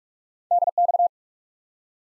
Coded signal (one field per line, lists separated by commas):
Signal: Morse code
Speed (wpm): 44 wpm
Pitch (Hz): 700 Hz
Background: none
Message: DX